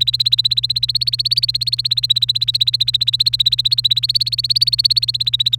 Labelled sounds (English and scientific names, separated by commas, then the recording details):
Domestic Canary (Serinus canaria) song
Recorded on 1 May 2018 at 05:49
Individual llb3